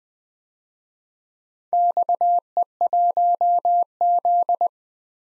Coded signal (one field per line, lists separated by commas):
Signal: Morse code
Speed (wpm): 20 wpm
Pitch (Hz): 700 Hz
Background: none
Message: XE1Z